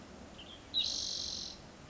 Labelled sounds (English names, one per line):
Spotted Towhee